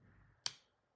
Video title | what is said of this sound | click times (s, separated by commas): Belkin Mag.Drziak iphon | Počúvajte, jak to klikne. | 0.5 s